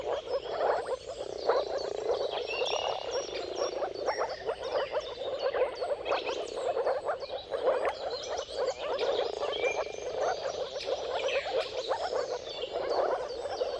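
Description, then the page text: Dense moor frog chorus of low bubbling, gurgling calls, steady throughout, with scattered bird chirps in the background. Mating calls of a moor frog chorus at sunrise, at the turn of March and April depending on the weather; recorded by Jakub Orzecki. "Dawn’s Chorus: Mating Calls of Marsh Frogs at Sunrise. Depending on the weather at the turn of March and April, you can witness an amazing spectacle of moor frogs. Jakub Orzecki"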